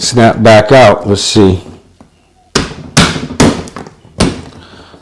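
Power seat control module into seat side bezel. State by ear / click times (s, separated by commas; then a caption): seated / 2.6 s, 3.0 s. Someone talks as a power seat control module from a C5/C6 Chevrolet Corvette is pressed into the plastic seat side bezel on a second attempt. Sharp snaps ring out at 2.6 s and 3.0 s, followed by further thuds near 3.4 s and 4.2 s. The seat switch module is now snapped in and seated in the bezel.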